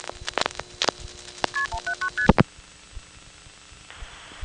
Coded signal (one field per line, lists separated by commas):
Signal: multi-frequency trunk signalling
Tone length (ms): 90 ms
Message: KP179ST